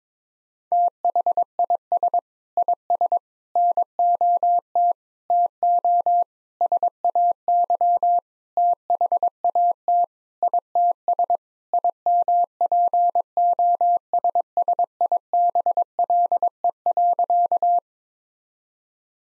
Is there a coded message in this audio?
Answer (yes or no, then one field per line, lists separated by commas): yes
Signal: Morse code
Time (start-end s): 0.7-17.8 s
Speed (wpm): 22 wpm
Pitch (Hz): 700 Hz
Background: none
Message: THIS IS NOT TO SAY THAT ITS IMPOSSIBLE.